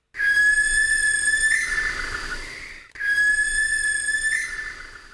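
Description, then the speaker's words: Barn owl screech: two long, harsh shrieks that step up in pitch and roughen partway through. Screech, played back on a radio programme. "There you go. That's the screech of a barn owl."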